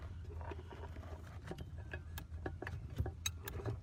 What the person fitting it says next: click it in heard it click